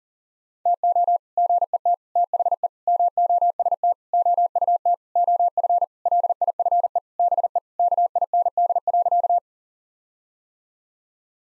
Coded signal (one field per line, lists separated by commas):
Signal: Morse code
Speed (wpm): 37 wpm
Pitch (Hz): 700 Hz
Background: none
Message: TO GET THE MOST OUT OF LIFE BE KIND.